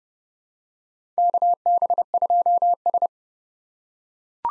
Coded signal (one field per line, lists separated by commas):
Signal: Morse code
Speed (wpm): 30 wpm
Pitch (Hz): 700 Hz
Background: none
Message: KB2S